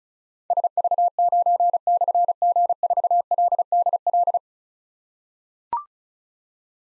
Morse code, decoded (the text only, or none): SV9/G4LDL